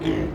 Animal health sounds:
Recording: contact call of a hoofed animal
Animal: pig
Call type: closed-mouth grunt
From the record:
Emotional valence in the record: negative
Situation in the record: short social isolation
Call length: 0.35 s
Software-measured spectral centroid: 1410 Hz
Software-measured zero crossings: 950 a second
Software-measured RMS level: -24 dBFS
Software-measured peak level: -11 dBFS

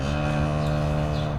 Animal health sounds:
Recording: contact call of a hoofed animal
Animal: cattle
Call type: low-frequency (closed-mouth) or high-frequency (open-mouth) call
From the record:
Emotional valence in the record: negative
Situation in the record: full separation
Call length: 1.39 s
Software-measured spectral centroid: 1840 Hz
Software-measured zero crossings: 1100 a second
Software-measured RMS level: -24 dBFS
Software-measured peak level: -12 dBFS

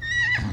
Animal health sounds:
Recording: contact call of a hoofed animal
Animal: Przewalski's horse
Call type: whinny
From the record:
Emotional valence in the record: positive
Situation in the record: food anticipation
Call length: 0.53 s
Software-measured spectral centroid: 2360 Hz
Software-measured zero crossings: 2930 a second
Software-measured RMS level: -24 dBFS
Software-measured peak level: -14 dBFS

